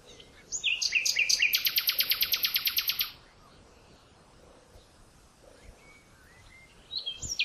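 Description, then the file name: Common nightingale singing a long, fast and very regular trill of repeated notes lasting a couple of seconds, then quiet, with a new phrase beginning at the end. "Luscinia megarhynchos"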